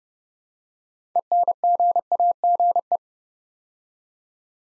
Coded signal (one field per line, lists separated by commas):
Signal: Morse code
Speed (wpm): 30 wpm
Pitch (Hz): 700 Hz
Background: none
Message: ENGAGE